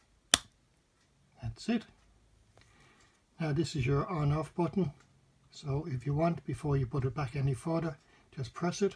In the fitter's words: and using the motor to push everything into place you'll hear it engage that's